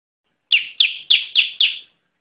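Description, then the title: Bar-winged prinia song: five harsh, high chirps given in a steady, even series, each note sweeping downward, with no other sounds. "Ciblek"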